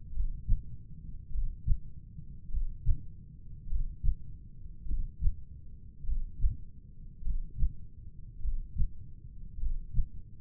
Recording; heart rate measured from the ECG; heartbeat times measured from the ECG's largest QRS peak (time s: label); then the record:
heart sounds by stethoscope; 51 bpm
0.15 s: heartbeat
1.33 s: heartbeat
2.52 s: heartbeat
3.70 s: heartbeat
4.89 s: heartbeat
6.07 s: heartbeat
7.25 s: heartbeat
8.43 s: heartbeat
9.61 s: heartbeat
From the record:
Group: heart failure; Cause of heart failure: cardiac sarcoid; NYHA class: 1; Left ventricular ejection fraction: 39%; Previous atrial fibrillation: present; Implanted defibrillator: present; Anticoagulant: apixaban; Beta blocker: carvedilol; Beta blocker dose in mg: 50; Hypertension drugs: ramipril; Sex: male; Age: 79 years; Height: 184 cm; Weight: 92.5 kg